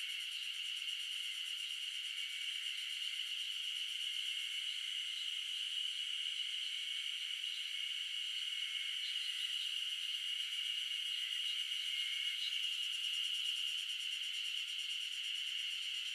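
Insects buzz and hum steadily on an early summer morning in the mountains of Shizuoka, Japan. The sound is a dense, high, even drone with a fine rapid pulsing, holding level throughout with no low sounds beneath it.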